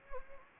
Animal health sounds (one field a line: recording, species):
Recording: mosquito wingbeat signal from an infrared sensor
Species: Anopheles gambiae